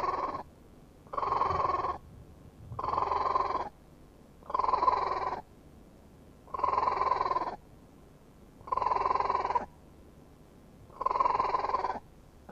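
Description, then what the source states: North Island brown kiwi call: a long series of hoarse, rasping notes, fairly evenly spaced. Female.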